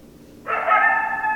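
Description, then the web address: Coyote howl beginning sharply, a bright harmonic tone held steady with slight wavering. Recorded 10 December 2012; several coyotes. "sounds mammals Coyote 2012 12 10 Coyotes"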